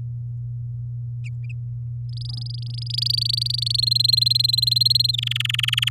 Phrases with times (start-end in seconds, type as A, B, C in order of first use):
2.09-3.81 A, 3.82-5.12 B, 5.13-5.89 C